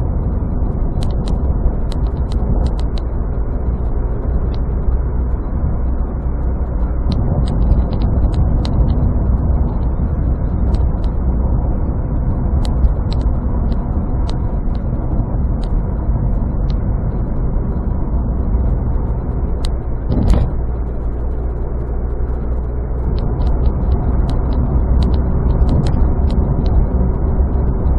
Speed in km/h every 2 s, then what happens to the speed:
58, 61, 65, 66, 64, 65, 63, 58, 60, 62, 65, 65, 68, 68.
0-7 speeds up to 66. 7-16 slows to 60. 20-28 steady at about 65.